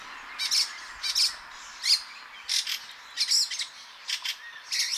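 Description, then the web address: Fieldfare song of grating, chattering notes, each with a thin squeaky peak, delivered in a loose rhythm roughly every two-thirds of a second. "chant xeno-canto grive litorne"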